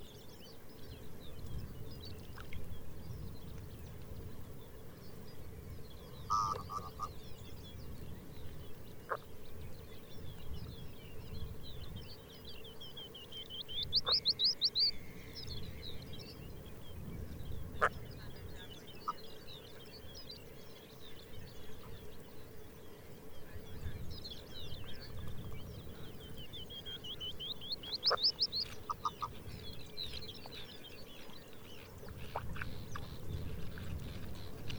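Birdsong from a mix of arctic species, with bright warbling phrases rising and falling, the clearest bursts around 14 and 28 seconds. Short calls and sharp clicks appear now and then, over a steady low rumble that swells and fades throughout.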